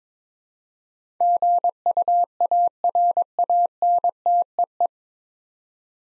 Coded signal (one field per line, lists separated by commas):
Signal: Morse code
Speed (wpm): 21 wpm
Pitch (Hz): 700 Hz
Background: none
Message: GUARANTEE